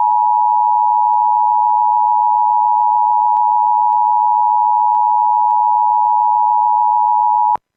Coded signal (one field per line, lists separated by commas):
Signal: Emergency Alert System (SAME) tones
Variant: 853 and 960 Hz attention tone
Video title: #FLAmber Child Abduction Emergency on WDFA (EAS #197)